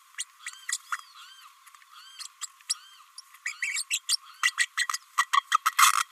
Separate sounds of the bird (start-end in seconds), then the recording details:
0.18-0.24, 0.69-0.78, 2.18-2.27, 2.41-2.47, 3.18-3.20, 3.45-3.53, 3.62-3.84, 3.90-3.99, 4.09-4.16, 4.42-4.53, 4.57-4.67, 4.77-4.87, 5.17-5.26, 5.33-5.43, 5.51-5.58, 5.65-5.71, 5.78-5.92. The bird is a female. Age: 29 days. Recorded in a nest box in Venezuela. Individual 17B32A5